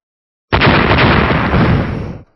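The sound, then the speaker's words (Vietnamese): A rapid series of loud, booming explosions, as heavy water crashes onto a red light barrier that shakes violently, bursts in abruptly and merges into a continuous roaring rumble for nearly two seconds before cutting off. No voices are present. “Những tiếng nổ lớn vang lên liên tiếp, quang mạc màu đỏ chấn động mãnh liệt, giống như vô vàn con sóng dữ đang cuộn trào.”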